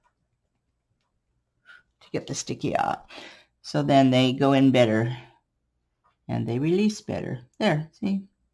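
Someone talks while handling a wax-loaded pen used to place square resin diamond painting drills into the glued canvas grid, with the pen tapped to take off some of the stickiness so the drills go in and release better. Faint clicking may sit under the speech, but no square drill has clicked into place against its neighbours yet.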